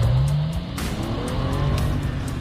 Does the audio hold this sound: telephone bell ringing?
no